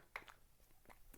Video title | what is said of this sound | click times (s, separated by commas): Vintage Dual Pentium III Gateway 7450R Server | clicks right in nice and easy now we're going to grab our isopropyl alcohol pad and clean off the old thermal paste | 0.2 s